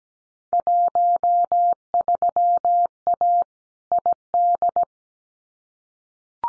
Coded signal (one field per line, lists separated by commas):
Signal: Morse code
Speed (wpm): 17 wpm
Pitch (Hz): 700 Hz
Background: none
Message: 13A ID